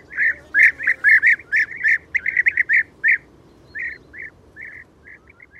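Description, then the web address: European bee-eater calls: rolling, liquid "prruip" notes repeated rapidly, then spacing out into softer, more separated calls. "Ptaki Żołna"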